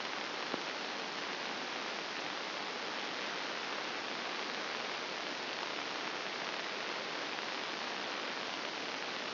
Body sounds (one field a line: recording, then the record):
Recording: brain microelectrode recording played as sound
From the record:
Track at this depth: inside the subthalamic nucleus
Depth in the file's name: 4.663 mm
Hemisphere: left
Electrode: 2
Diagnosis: Parkinson's disease